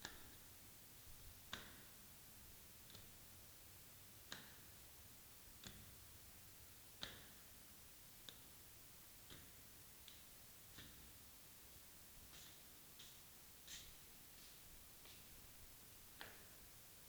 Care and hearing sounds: daily activity, guitar pickup as the sensor; go upstairs

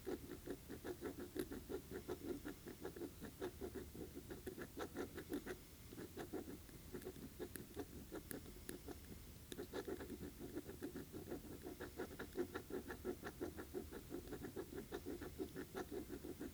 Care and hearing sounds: daily activity, guitar pickup as the sensor; write

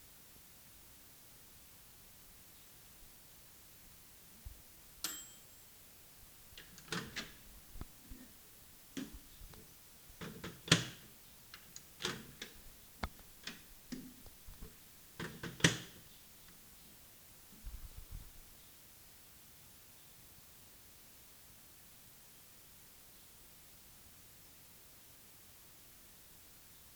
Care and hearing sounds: daily activity, guitar pickup as the sensor; use microwave

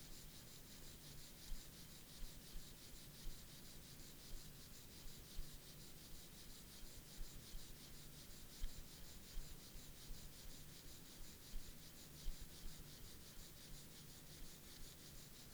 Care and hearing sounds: daily activity, guitar pickup as the sensor; brush teeth

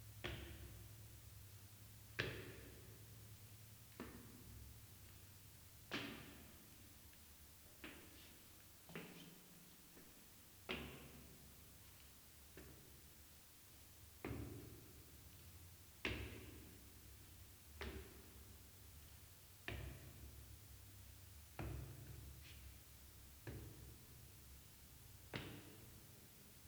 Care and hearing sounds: daily activity, guitar pickup as the sensor; go upstairs

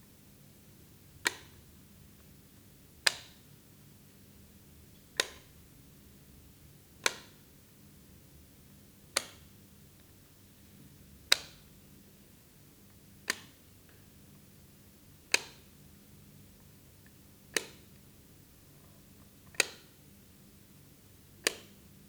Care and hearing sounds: daily activity, guitar pickup as the sensor; operate light

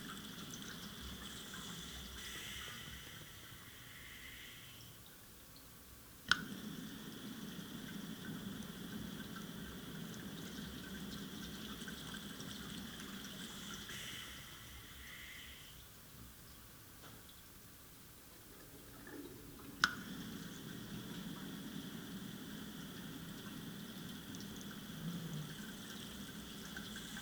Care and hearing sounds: daily activity, guitar pickup as the sensor; flush

